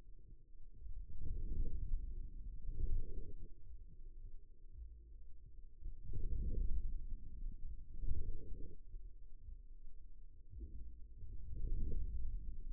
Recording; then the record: forearm muscle sounds (acoustic myography)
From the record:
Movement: outward rotation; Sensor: system 2, bracelet of six BSWA MPA416 microphones around the upper forearm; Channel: 3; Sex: male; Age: 22 years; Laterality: right